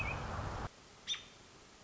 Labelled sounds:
American Robin

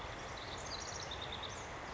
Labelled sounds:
House Wren

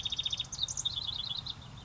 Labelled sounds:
House Wren

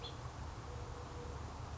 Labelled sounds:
House Finch

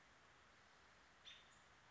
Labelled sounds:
American Robin

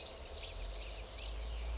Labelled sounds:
California Towhee

